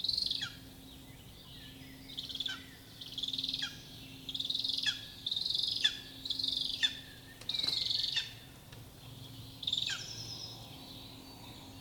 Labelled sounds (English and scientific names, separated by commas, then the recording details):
Lesser Spotted Eagle (Aquila pomarina) call
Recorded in the wild
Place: Klein-Mützkow, Mecklenburg-Vorpommern, DE
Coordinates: 54.309, 13.077
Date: 1975-05-18 08:00
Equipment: Nagra III BH, Sennheiser MD 21
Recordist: Schubert, Michael